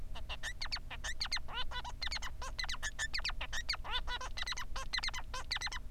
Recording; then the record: song of a male Bengalese finch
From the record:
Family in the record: son of father 3